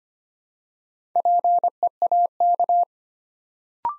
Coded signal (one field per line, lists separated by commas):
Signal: Morse code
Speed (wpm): 25 wpm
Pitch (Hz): 700 Hz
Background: none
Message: PEAK